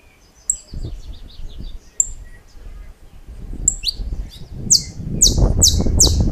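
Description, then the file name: Saffron finch singing: scattered thin notes give way to a fast closing series of loud, sharply falling chirps over rising low-pitched background rumble. "Canto-do-Canário-da-Terra"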